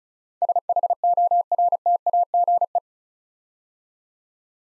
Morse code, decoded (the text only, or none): SHORTAGE